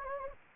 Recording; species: mosquito wingbeat signal from an infrared sensor; Anopheles gambiae